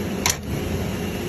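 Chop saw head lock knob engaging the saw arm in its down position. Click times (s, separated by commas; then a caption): 0.3 s. The lock knob on a chop saw engages as the saw head is pushed down, giving a short, bright click at 0.3 s over a steady background hum. The knob locks the saw arm in its down position and holds the saw down.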